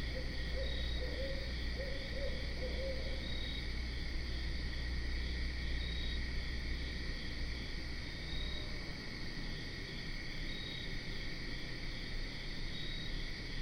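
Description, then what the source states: Barred owl hooting, a short series of soft low hoots in the first few seconds over steady insect trilling and a constant low rumble. Recorded 12 September 2010.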